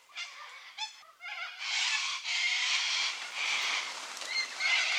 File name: Little Corella